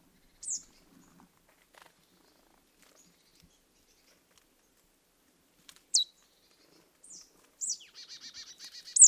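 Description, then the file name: Marsh tit calls: isolated sharp high downslurred notes, then a rapid buzzy 'dee-dee-dee' series ending in another high note. "Poecile palustris"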